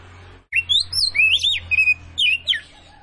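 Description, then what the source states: Oriental magpie-robin song: loud, varied whistled phrases, some rising and some falling, sung in quick bursts with a short pause before a final run of notes. Referred to as kacer; described as gacor, in full song; Tretes.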